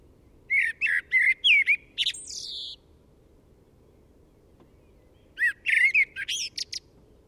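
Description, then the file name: Eurasian blackbird song: two phrases of low fluted warbling notes, each ending in thin, squeaky high twittering, separated by a few seconds of quiet. "Turdus merula"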